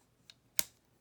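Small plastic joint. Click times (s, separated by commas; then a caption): 0.3 s, 0.6 s. A plastic fashion doll's click-jointed knee is bent back into its straight, upright position, producing a faint tick at 0.3 s and then a sharp, louder snap at 0.6 s. The knee snaps easily into its locked upright position.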